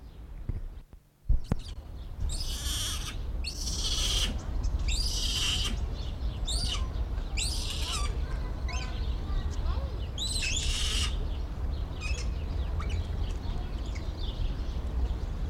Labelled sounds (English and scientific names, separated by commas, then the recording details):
Japanese Macaque (Macaca fuscata)
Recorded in captivity
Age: juvenile
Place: Zoo Berlin, Berlin, DE
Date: 1994-03-12 11:10
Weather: leichter Regen, 7°C
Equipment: Marantz CP 430, Sennheiser ME 80, Kopie Uher Variocord 263
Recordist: Tembrock, Günter